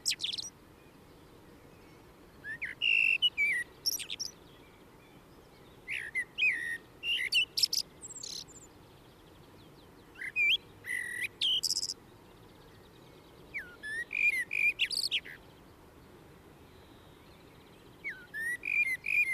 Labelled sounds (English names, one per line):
Common Blackbird song